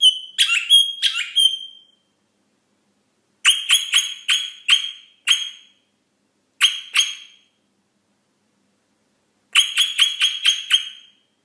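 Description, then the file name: Rosella calls: bright, ringing notes with strong overtones, given in rapid runs of a few notes, with silent gaps between runs. "Canto da Rosela"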